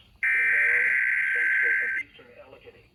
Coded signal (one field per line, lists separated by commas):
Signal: Emergency Alert System (SAME) tones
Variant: header bursts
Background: speech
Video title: Brrrrrrr Festival EAS 1087 1120